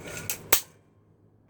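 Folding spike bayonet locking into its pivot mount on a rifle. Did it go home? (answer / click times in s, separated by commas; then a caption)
yes / 0.5 s. The spring-loaded folding spike bayonet on a Chinese Type 56 AK47 rifle is unlocked and swung forward on its pivot mount. A softer sharp metallic hit comes at 0.3 s, then a loud snap at 0.5 s as the bayonet locks into its deployed position.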